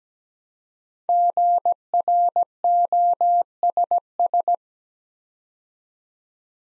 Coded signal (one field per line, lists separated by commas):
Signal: Morse code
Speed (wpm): 17 wpm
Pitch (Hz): 700 Hz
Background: none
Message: GROSS